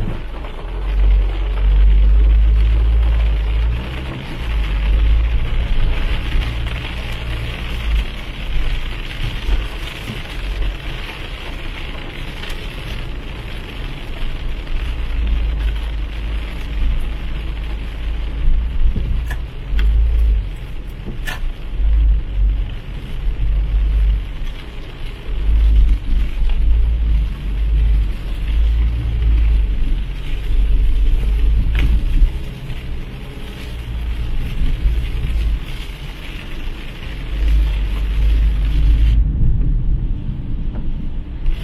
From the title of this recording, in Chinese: 在雨中开车